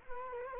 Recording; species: mosquito wingbeat signal from an infrared sensor; Culex quinquefasciatus